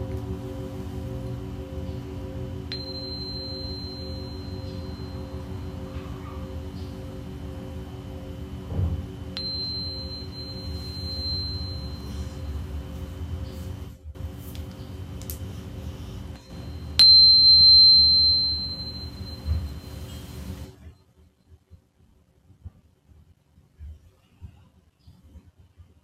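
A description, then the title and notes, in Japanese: Tibetan singing bowls ring with a steady low hum and layered tones that hold for about twenty seconds. A bright, high ring is struck around 3, 9 and 17 seconds, the last strike loudest. Near 21 seconds the sound stops, leaving quiet with faint small noises. 深夜のシンギングボウルのサウンドヒーリング。チベタンシンギングボウル。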